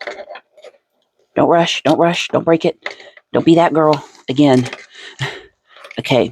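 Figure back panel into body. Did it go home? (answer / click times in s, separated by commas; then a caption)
no / none. The plastic back panel of a Hot Rod Transformers action figure is handled and worked toward its place in the figure's body, with faint handling ticks near the start while someone talks. The clip ends before the back panel goes home; nothing has seated or clicked yet.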